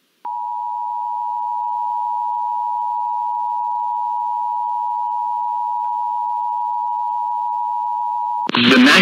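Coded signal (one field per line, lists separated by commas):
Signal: Emergency Alert System (SAME) tones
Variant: 853 and 960 Hz attention tone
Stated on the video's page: NOAA Weather Radio activations: severe thunderstorm watches and warnings plus Required Weekly Tests.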